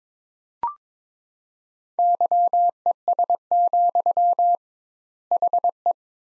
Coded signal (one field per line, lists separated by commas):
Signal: Morse code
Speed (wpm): 22 wpm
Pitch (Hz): 700 Hz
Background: none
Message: YES, HE